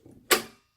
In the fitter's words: y est on a le clac là on peut enfiler donc